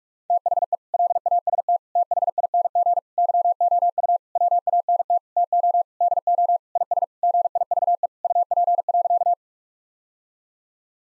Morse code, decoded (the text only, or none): THE LAST THING YOU WANT TO DO IS GIVE UP.